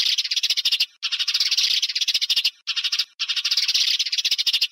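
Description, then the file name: Sparrow chatter, a dense run of rapid, scratchy chirps broken by a few short pauses. "Tieng se keo"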